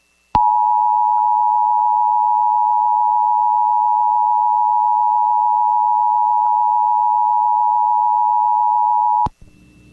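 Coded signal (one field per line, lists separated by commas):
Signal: Emergency Alert System (SAME) tones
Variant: 853 and 960 Hz attention tone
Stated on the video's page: Compilation of real historical and other emergency alerts found online.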